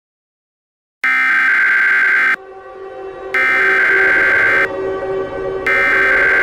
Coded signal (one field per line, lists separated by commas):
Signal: Emergency Alert System (SAME) tones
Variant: header bursts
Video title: Eas Scenario 1: The Dog (Part 1)